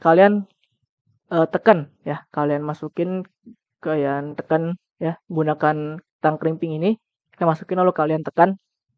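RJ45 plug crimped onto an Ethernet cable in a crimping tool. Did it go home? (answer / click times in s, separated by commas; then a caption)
no / none. Someone talks while an Ethernet network cable, its wires lined up in an RJ45 plug, is handled and put into a crimping tool to be crimped. Only speech is heard, with no click. Nothing has seated or clicked yet.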